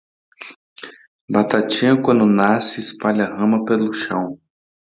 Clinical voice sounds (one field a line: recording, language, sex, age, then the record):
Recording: short text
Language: Brazilian Portuguese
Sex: male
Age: 30 to 39 years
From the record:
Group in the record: control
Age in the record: 30 years